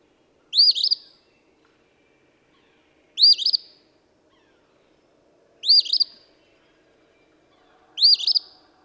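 Eastern Phoebe: four emphatic, burry two-note phrases from an eastern phoebe, spaced around two and a half seconds apart over a hushed background.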